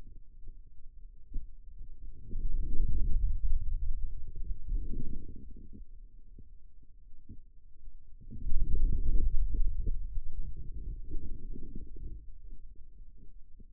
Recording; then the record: forearm muscle sounds (acoustic myography)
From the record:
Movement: hand closing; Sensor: system 2, bracelet of six BSWA MPA416 microphones around the upper forearm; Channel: 6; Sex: male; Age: 22 years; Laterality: right